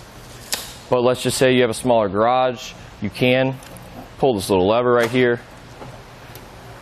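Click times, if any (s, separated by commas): none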